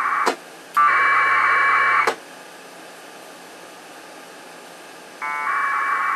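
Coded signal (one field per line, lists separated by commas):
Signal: packet radio (AX.25, as in APRS)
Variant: 1200 baud AFSK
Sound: click, then a harsh warbling data burst over a second long, hiss, another burst starting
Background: radio static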